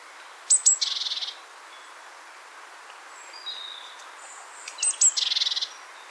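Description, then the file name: Great tit calls: a couple of thin high notes, then a rapid buzzy churring rattle, given twice about four seconds apart, with a faint other bird note between. "Parus major"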